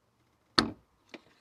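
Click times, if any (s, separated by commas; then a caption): 0.6 s. A plastic wiring connector is pushed back onto the corner light bulb socket of a 2011 Honda Fit headlight, and its locking tab snaps in with one sharp click at 0.6 s. A fainter tick follows at about 1.1 s. The connector is seated and locked in place.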